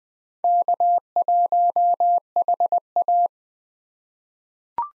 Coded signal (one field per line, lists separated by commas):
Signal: Morse code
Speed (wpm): 20 wpm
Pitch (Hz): 700 Hz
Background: none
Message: K1HA